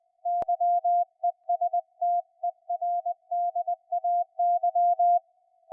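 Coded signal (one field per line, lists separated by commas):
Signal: Morse code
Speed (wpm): 20 wpm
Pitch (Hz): 690 Hz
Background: music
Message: YESTERDAY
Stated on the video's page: CW on a SunSDR2 with noise reduction, noise blanker, audio peak filter and RF gain toggled on and off.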